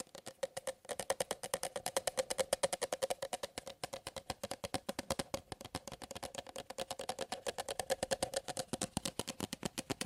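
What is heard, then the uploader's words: Rapid tapping on an object, a dense, regular train of sharp clicks running about ten to the second after a brief quiet start. Each tap has a bright, crisp edge over a steady ringing midrange tone, and the pace stays even throughout. ASMR Fast & Slow Tapping on 6 Objects No Talking.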